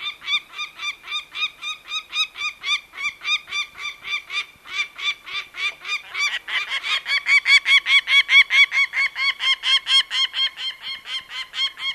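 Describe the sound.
Peregrine falcon calling in a long, continuous chatter of rasping notes, two or three each second, growing louder in the second half.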